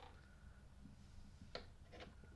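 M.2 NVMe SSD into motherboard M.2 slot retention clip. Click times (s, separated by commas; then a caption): 1.6 s. An NVMe M.2 SSD is pressed down into an empty motherboard M.2 slot until its plastic retention clip clicks in. Against low background noise, a single sharp click sounds at 1.6 s, and the drive seats and is installed.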